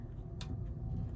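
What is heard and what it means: The manual override knob on a Rheem PREFERRED motorized remote water shut-off valve actuator is pulled out so the valve can be turned by hand. It gives one sharp, short click at 0.4 s over a steady low rumble. The override releases.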